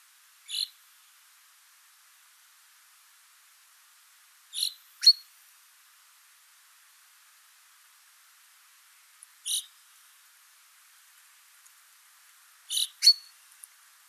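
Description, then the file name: Common chaffinch giving short, sharp high calls, single or paired, spaced several seconds apart against a quiet background. "Fringilla coelebs"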